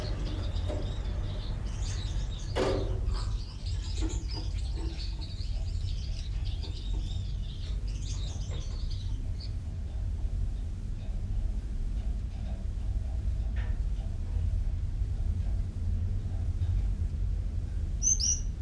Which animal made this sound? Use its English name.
Common Chaffinch